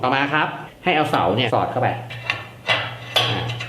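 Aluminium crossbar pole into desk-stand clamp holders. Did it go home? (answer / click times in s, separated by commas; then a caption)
yes / 3.6 s. An aluminium crossbar pole for an Ulanzi LS15 desk-clamp stand is slid into the clamp holders on the stand while someone talks. A single knock-like hit is heard at 3.6 s as the pole goes in, and it locks into the clamps on both sides.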